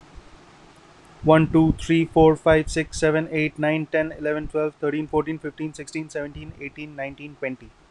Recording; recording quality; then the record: counting at a normal pace; excellent, no background noise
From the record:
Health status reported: healthy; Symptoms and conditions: none ticked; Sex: male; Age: 31 years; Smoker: yes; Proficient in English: yes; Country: India